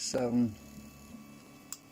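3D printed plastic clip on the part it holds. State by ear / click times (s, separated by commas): released / 1.7 s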